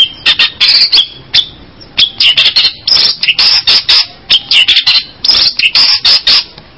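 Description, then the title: Long-tailed shrike song: dense, harsh chattering phrases of high scratchy notes and chips, run together with brief pauses. "Kicau Burung Pentet"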